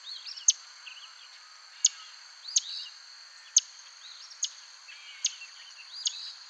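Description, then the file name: Palm warbler giving several sharp, high chip notes at irregular intervals over a steady high insect drone. "Palm Warbler - Setophaga palmarum"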